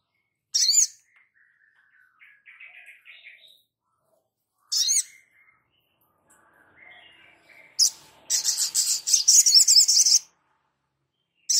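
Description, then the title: Spiderhunter mixing sharp high chips and soft twittering phrases, then breaking into a two-second burst of rapid, buzzy, high chattering. Masteran (training recording for cage birds), Labaik variant. "Sogok Ontong Labaik"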